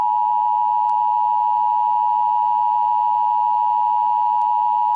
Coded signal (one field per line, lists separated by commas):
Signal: Emergency Alert System (SAME) tones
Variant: 853 and 960 Hz attention tone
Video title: Eas Scenario: Virginia Tornado Outbreak